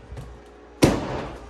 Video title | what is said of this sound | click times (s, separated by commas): They Tried To STEAL MY TRUCK TWICE! CAUGHT Them The SECOND TIME! | it's not locking you know how there's like two clicks when you shut so it's only got the first click but | 0.8 s